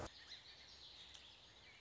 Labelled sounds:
Song Sparrow (Melospiza melodia)
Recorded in Sonoma County, California

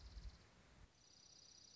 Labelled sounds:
Dark-eyed Junco (Junco hyemalis)
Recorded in Sonoma County, California

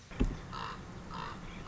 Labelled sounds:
Common Raven (Corvus corax)
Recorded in Sonoma County, California

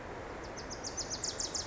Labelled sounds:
Wilson's Warbler (Cardellina pusilla)
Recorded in Sonoma County, California

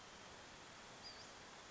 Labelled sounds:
Western Flycatcher (Empidonax difficilis)
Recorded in Sonoma County, California

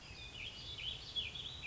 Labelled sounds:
Warbling Vireo (Vireo gilvus)
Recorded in Sonoma County, California

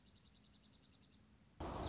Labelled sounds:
Dark-eyed Junco (Junco hyemalis)
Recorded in Sonoma County, California

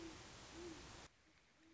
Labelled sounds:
Great Horned Owl (Bubo virginianus)
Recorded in Sonoma County, California

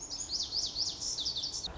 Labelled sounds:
Lazuli Bunting (Passerina amoena)
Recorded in Sonoma County, California

